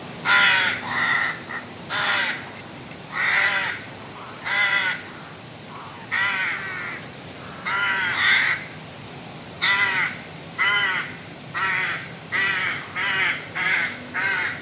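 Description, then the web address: Bird giving harsh, cawing calls in short bursts, roughly one every second, coming closer together near the end. "hangok allatok madar bbc"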